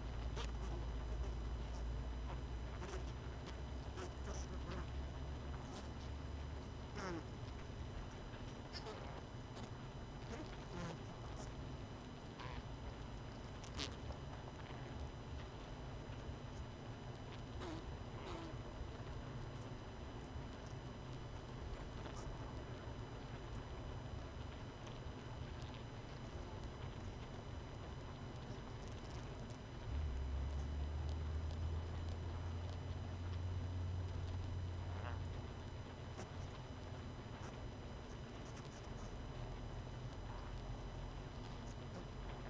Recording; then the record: honeybee colony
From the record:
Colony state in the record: missing queen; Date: 31 May 2018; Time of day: 19:48